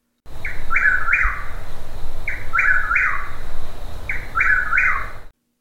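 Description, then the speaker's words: Chuck-will's-widow song: three clear whistled phrases, each a quick three-part chuck-will's-widow with the last note dropping, repeated over low background noise. Male; lives in the southeastern United States and much of Mexico; sings at night; also claps his wings to show off for females. "The male chuckwills willow, which lives in the southeastern United States and much of Mexico, sings at night and also claps his wings to show off for females. His song sounds like this."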